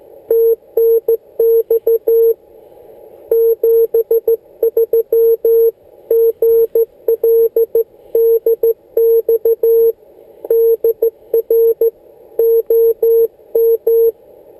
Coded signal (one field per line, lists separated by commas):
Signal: Morse code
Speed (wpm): 14 wpm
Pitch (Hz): 460 Hz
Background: none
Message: TNX 73 GL DX DR OM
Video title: Morse code QRS